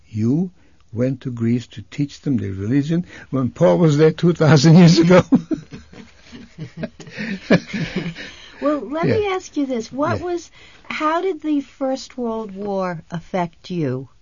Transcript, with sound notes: "You went to Greece to teach them the religion when Paul was there two thousand years ago?" ( he laughs )
Well, let me ask you this. What was, how did the first World War affect you?